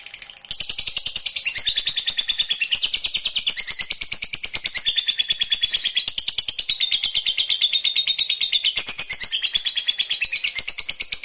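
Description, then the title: Lovebird song: after a brief hesitation, a continuous torrent of high, rasping twitters starts and keeps going, quick and busy, with little change in pace. Played to make a lovebird that is reluctant to sing become eager and sing spontaneously. "LOVEBIRD Malas Bunyi JADI GREGET SPONTAN Langsung NARIK"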